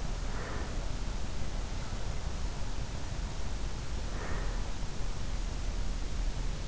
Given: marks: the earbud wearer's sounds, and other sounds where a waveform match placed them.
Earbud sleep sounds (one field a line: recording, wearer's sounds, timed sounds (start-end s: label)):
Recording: sounds in sleep by an in-ear microphone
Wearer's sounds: breath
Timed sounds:
0.00-1.04 s: breath
3.98-4.96 s: breath